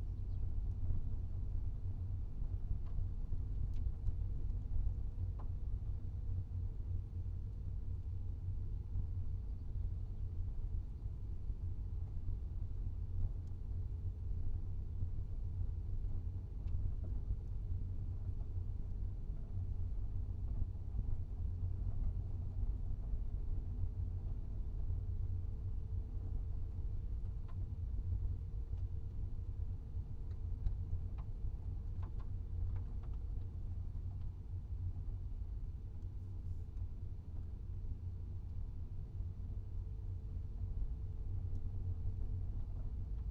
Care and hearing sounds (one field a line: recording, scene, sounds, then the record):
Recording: everyday scene through a hearing-aid microphone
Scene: in a vehicle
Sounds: engine, rumble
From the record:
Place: Skoda Fabia, gasoline engine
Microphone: in the ear canal, right